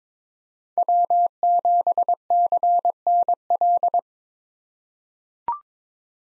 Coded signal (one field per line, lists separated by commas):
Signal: Morse code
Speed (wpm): 22 wpm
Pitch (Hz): 700 Hz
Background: none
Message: W7CNL